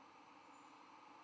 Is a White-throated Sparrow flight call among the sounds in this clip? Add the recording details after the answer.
no. No flight call is heard. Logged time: 05:54 on 11 November 2014